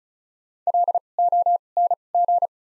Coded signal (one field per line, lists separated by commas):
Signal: Morse code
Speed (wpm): 36 wpm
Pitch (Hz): 700 Hz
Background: none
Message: L O N G